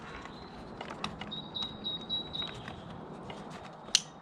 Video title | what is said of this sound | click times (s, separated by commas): 2023 Yamaha Raptor 700 Big Gun EFI install | make sure you push it in firmly until you hear it snap into place there | 3.9 s